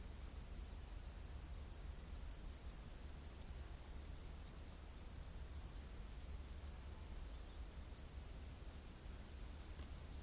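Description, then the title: Cricket chirps, rapid high pulses in a burst, a quieter stretch of softer calling, then another pulsed burst near the end, over low rumble. Crickets in a rainforest at night. "Crickets of the Rainforest 🌿. Exotic Insect Orchestra"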